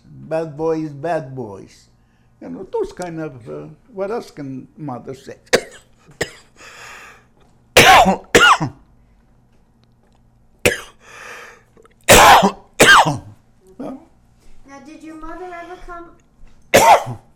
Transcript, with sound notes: Bad boys is bad boys. You know, those kind of, what else can a mother say? (coughs)
Now, did your mother ever come,